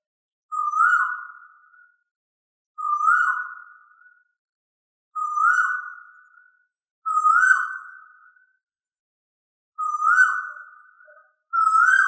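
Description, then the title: Chicken uttering a series of six short tonal calls, each about a second long with a fading tail, repeated roughly every two seconds. "manok ostrali"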